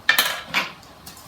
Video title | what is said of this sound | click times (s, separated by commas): How to Make EASY Gnocchi in a Bag - Helga's Home Cooking | So you just click it, heard the click, and there we go. It's open. | 0.1 s